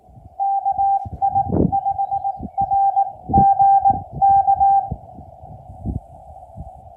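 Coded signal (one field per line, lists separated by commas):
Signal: Morse code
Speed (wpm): 18 wpm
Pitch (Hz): 790 Hz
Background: none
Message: KI5RGK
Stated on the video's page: QRP CW Parks on the Air activation in Utah.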